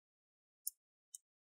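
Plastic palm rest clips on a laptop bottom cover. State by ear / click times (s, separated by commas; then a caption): seated / 0.7 s, 1.1 s. On an HP Pavilion 15-p010 laptop, the corner and side of the plastic palm rest are pinched so its clips snap into the bottom cover while closing it up after a RAM upgrade. Two sharp, high-pitched plastic clicks sound at 0.7 s and 1.2 s against silence. The palm rest clips seat.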